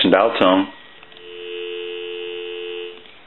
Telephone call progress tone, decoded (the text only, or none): dial tone